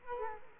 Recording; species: mosquito wingbeat signal from an infrared sensor; Culex quinquefasciatus